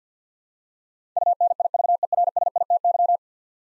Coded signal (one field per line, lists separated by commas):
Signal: Morse code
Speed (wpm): 50 wpm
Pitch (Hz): 700 Hz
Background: none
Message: UNIVERSITY